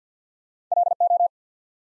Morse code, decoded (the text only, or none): LO